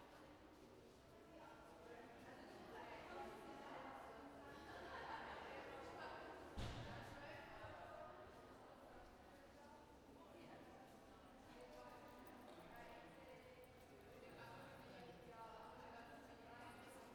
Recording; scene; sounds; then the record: everyday scene through a hearing-aid microphone; reverberant space; background noise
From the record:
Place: railway station hall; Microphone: behind the ear, right, rear